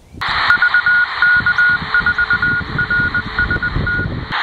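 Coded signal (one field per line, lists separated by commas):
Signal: Morse code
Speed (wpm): 20 wpm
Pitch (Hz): 1440 Hz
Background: radio noise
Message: VK4RST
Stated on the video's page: 10 metre (28 MHz) reception on a Digitech AR1780 receiver in a park, good conditions with sporadic E propagation.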